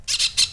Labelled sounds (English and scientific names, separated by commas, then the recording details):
Brown-throated Parakeet (Eupsittula pertinax) contact call
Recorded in Venezuela
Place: Cerro Saroche, Hato Dalmatela, Edo. Lara
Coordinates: 10.149, -69.534